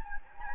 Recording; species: mosquito wingbeat signal from an infrared sensor; Anopheles gambiae